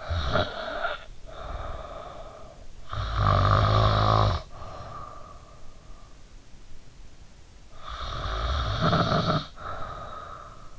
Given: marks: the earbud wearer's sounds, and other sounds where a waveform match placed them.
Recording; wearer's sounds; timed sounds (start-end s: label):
sounds in sleep by an in-ear microphone; snoring breath
0.00-2.68 s: snoring breath
2.94-6.07 s: snoring breath
7.82-10.79 s: snoring breath